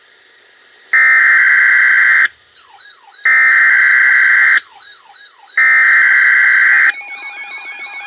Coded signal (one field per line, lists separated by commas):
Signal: Emergency Alert System (SAME) tones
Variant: header bursts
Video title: EAS #111 - 114 Triple Header Severe Thunderstorm Warning